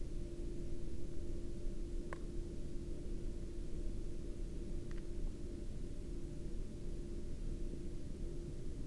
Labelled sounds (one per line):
man-made sound